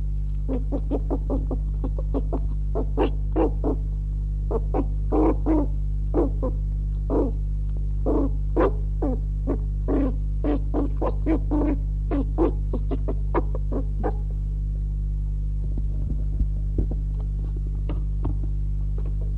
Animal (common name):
Red Fox